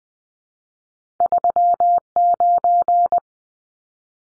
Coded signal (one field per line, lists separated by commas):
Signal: Morse code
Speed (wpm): 20 wpm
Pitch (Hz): 700 Hz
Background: none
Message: 39